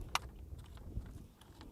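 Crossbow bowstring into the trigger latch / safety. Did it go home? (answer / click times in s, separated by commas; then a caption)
yes / 0.2 s. A crank on a crossbow's cocking device is turned until the bowstring latches into the trigger mechanism and the safety button pops out. A sharp click at 0.2 s marks the string seating and the safety setting, followed by a few faint ticks. The crossbow is fully cocked with the safety set.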